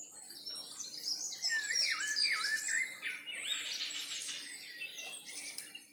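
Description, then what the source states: Birds in chorus: many overlapping high chirps, trills and whistled notes with sweeping rising and falling phrases throughout, several singers at once over a low steady hum. Birds singing in a forest in the evening.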